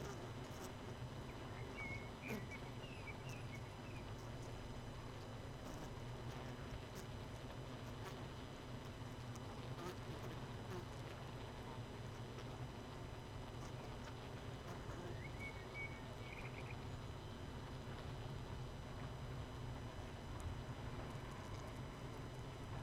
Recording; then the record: honeybee colony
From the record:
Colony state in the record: missing queen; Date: 31 May 2018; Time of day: 19:07